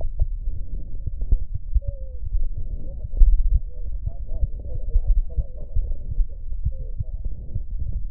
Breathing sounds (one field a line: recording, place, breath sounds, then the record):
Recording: lung sounds by stethoscope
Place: left posterior lower chest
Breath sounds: crackles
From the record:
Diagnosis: heart failure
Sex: male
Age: 57 years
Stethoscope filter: extended mode, 50 to 500 Hz